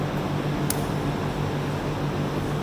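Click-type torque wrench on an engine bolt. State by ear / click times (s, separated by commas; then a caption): torque reached / 0.7 s. A click-type torque wrench tightens a bolt on a Ford 6.0 engine until it releases at the set torque. A short, sharp click is heard at 0.7 s over a steady low hum. The wrench has clicked, showing the bolt has reached the set torque.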